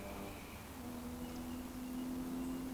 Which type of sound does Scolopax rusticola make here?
whistle